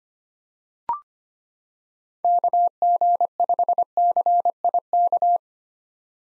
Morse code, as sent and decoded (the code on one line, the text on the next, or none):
-.- --. ..... -.-. .. -.-
KG5CIK